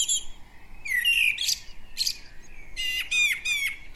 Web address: SETE Turdus merula